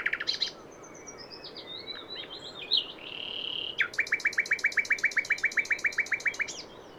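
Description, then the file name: Common nightingale song: a brief note cluster, thin whistled and buzzy notes, a sustained pure whistle, then a long rapid-fire series of sharp repeated notes. "Luscinia megarhynchos"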